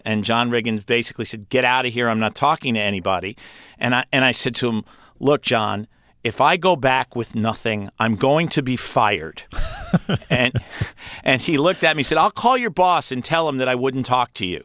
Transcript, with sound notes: And John Riggins basically said, get out of here, I'm not talking to anybody. And I said to him, look, John, if I go back with nothing, I'm going to be fired.
(Laughter).
And he looked at me, said, I'll call your boss and tell him that I wouldn't talk to you.